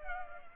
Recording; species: mosquito wingbeat signal from an infrared sensor; Culex pipiens